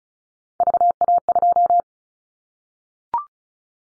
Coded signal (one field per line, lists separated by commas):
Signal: Morse code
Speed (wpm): 34 wpm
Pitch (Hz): 700 Hz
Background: none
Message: VA2